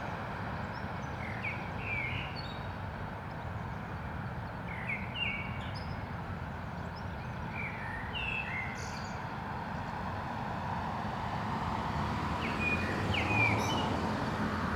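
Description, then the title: Common blackbird song, a steady series of short fluty phrases with high twittering tails, heard over persistent city traffic noise. Canal dike at Anderlecht, Brussels-Capital, Belgium, with car traffic; recorded using a Lom mikroUsi Pro microphone into a Zoom F3. "Digue du Canal, Anderlecht, Bruxelles-Capitale, Belgique - Blackbird and cars"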